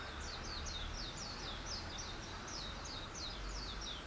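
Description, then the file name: Bird giving thin, high chirps in a loose series, partly masked by a steady low rumble and broad background noise. "wild bird"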